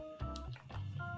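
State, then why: Not seated. A plastic snap-on cap is handled at the neck of a cologne bottle, with brief tapping and rubbing sounds over a steady tonal, music-like background. Nothing has seated or clicked yet; the cap has not snapped into place by the end.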